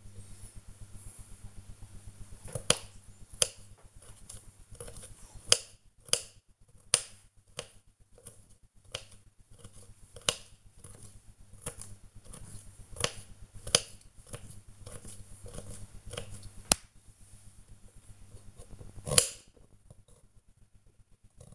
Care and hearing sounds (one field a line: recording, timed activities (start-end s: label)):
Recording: household activities, microphone on the right wrist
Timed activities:
0.00-21.55 s: cutting vegetables